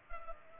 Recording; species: mosquito wingbeat signal from an infrared sensor; Culex pipiens